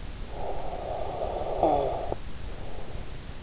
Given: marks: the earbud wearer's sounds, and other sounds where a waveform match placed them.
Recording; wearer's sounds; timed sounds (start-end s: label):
sounds in sleep by an in-ear microphone; snoring breath
0.17-3.17 s: snoring breath